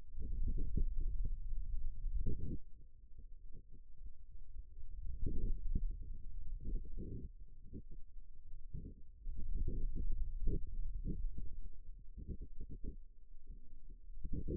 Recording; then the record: forearm muscle sounds (acoustic myography)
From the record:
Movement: finger pinch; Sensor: system 2, bracelet of six BSWA MPA416 microphones around the upper forearm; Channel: 3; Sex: male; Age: 22 years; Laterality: right